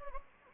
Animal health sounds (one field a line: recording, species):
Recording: mosquito wingbeat signal from an infrared sensor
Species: Anopheles gambiae